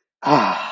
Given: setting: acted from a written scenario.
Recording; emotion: vocal sound without words; contentment